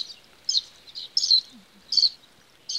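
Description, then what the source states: Western Sandpiper chatter: short high thin peeps and twittering notes in small clusters, about two bursts a second. Little chatters and peeping; a western species of the peeps group, not common in Wisconsin.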